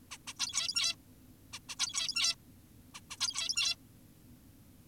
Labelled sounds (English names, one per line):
Zebra Finch